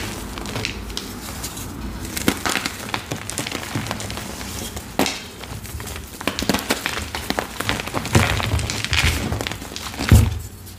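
Watermelon ASMR: dense, irregular wet crunching and squelching with frequent sharp crisp snaps, louder bursts near five, eight and ten seconds.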